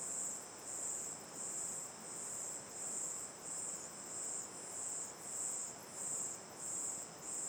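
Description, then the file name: Crickets in chorus, a high shrill pulsing trill swelling and fading about one and a half times per second over a steady rushing background noise. Night ambience facing the mouth of Terra Ronca 1 cave, chorus of crickets, river on the left, AB stereo recording. "Ambiencia olhando para boca da caverna terra ronca 1 a noite, coro de cigarras e grilos, rio a esquerda, gravacao em ab"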